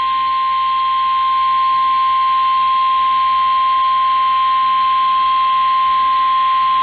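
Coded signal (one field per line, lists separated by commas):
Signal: Emergency Alert System (SAME) tones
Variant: 853 and 960 Hz attention tone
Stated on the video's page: Tornado watch relayed on NOAA Weather Radio via an FM station.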